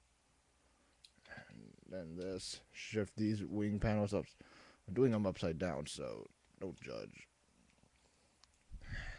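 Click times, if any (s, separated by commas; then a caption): 1.1 s. A small plastic tab on the folded wing of a Transformers HFTD Leader class Starscream robot figure slides down into its slot on the body and locks in place with a sharp click at 1.1 s. Someone then talks for several seconds, and another brief sharp sound is heard near 8.4 s.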